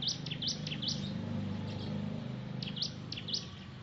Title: Kicau Kacer